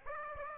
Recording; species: mosquito wingbeat signal from an infrared sensor; Aedes aegypti